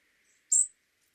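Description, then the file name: European robin producing one brief, piercing high call note, isolated in near silence. "Erithacus rubecula"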